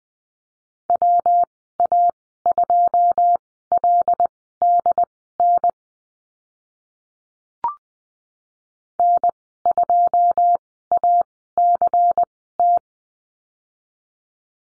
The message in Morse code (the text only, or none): WA2LDN N2ACT